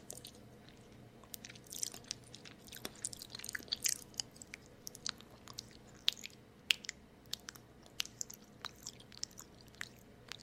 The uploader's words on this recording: ASMR Ice Cream LickingNibbling (Salted Caramel Brownie).